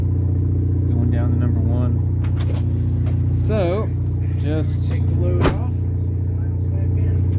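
A new spark plug wire boot is handled at the number one terminal of the distributor cap on a 1995 Gulfstream Sunsport with a Chevy TBI 454 7.4L, while someone talks over a steady low hum. Nothing has seated or clicked yet.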